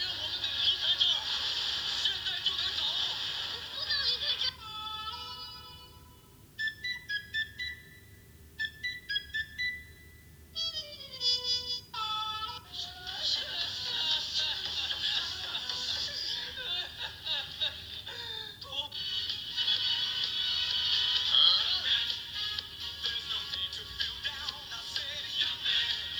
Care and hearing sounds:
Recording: daily activity, guitar pickup as the sensor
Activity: browse video

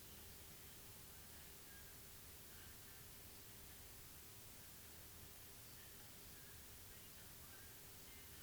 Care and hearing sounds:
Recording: daily activity, guitar pickup as the sensor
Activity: browse video

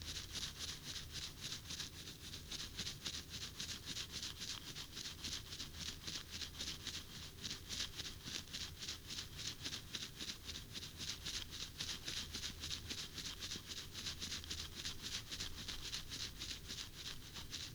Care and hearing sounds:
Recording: daily activity, guitar pickup as the sensor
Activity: brush teeth

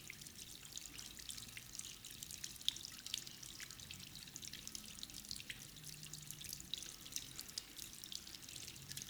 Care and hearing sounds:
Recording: daily activity, guitar pickup as the sensor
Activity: wash hands

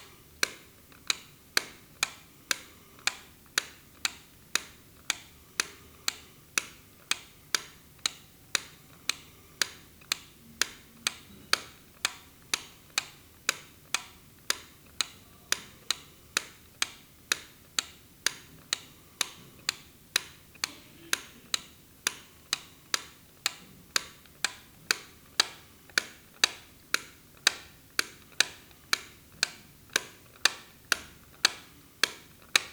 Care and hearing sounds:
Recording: daily activity, guitar pickup as the sensor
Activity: operate light

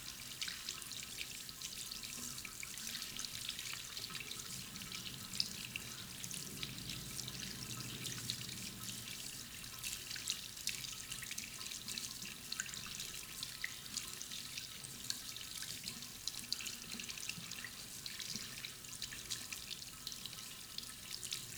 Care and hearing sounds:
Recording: daily activity, guitar pickup as the sensor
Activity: wash hands

